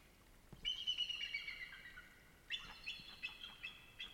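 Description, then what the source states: Eagle calls: thin, high chattering whistles in two bursts, a longer series of slightly falling notes followed by a choppier run of short, sharp piping notes. Eagles calling by a river with an eroded, muddy bank on a frozen day; seen only in the river's reflection; one described as really pumped up.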